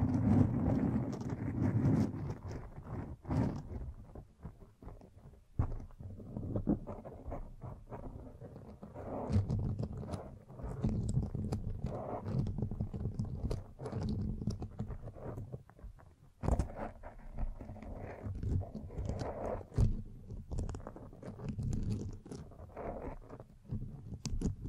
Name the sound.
Mic Brushing and Scratching